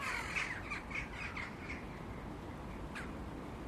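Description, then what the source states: Jackdaws in a flock: a rapid jumble of short, sharp calls overlapping in the first two seconds, then a single later call. A flock calling together in the morning; described as a cacophony, unlike crows, which do not flock and call this way.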